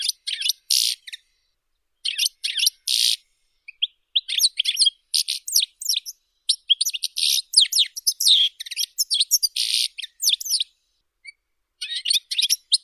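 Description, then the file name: European goldfinch song: bright, high tinkling twitters in bursts separated by short silent pauses, one run lasting much longer than the rest. "Golosa ptic - CSHegol Carduelis carduelis"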